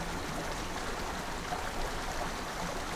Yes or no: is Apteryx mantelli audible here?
no